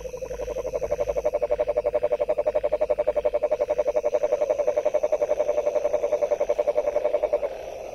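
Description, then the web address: Frog calling in a long, fast, steady train of pulses lasting about seven seconds, ending abruptly. Recorded on 23 January 2022. "frog 20220123"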